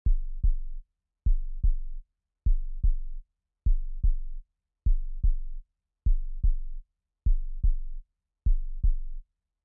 Normal heartbeats.